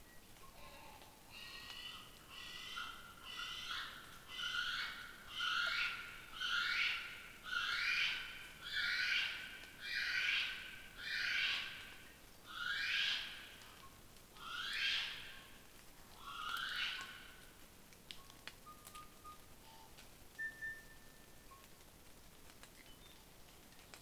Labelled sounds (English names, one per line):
North Island Brown Kiwi female call